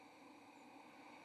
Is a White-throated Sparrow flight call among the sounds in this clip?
no